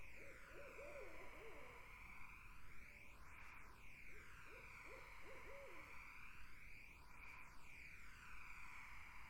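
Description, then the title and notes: Barred owls give two short bursts of wavering, looping hoots separated by a pause, while insects drone steadily and the background swirls. Wetland in summer. "Barred Owls in a Summer Wetland. The Wild Life"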